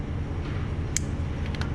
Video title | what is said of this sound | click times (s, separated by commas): Dodge Charger and Challenger Active Exhaust Delete | snaps right in so | 1.0 s